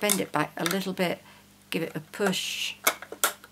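A folded cardstock box flap is bent back slightly and pushed into its slot while someone talks. A sharp click comes at 3.2 s as the flaps of the box closure lock together and seat into place.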